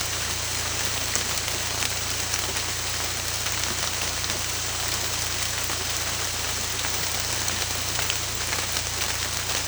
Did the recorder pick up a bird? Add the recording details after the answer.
no. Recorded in secondary vegetation near Puerto Asís, Putumayo, Colombia, on 18 December 2024 at 00:30. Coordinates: 0.484, -76.319. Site GP06